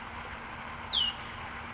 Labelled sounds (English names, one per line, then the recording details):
California Towhee
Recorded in Sonoma County, California